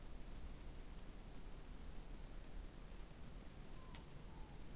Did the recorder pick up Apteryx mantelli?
no